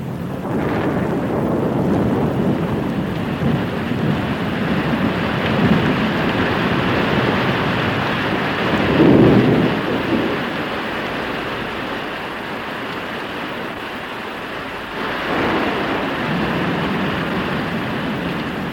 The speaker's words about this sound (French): Parce que moi, j'ai peur de l'orage.